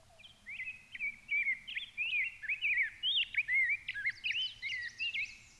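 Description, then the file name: Rose-breasted Grosbeak song: a long warbled phrase of quick rising and falling whistled notes, running continuously for about five seconds. Song, recorded in Minnesota. "RBGR SONG MN - Rose-breasted Grosbeak - Pheucticus ludovicianus"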